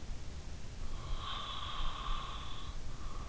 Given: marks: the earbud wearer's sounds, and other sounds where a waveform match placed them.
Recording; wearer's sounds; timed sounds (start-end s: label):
sounds in sleep by an in-ear microphone; breath
0.59-3.11 s: breath